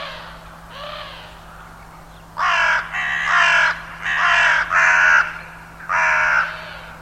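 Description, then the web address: Bird giving a series of harsh, grating caws, a softer pair first, then several loud rasping calls in quick, uneven succession. "cianscape birddata Deverinetal 2025 Bird Only"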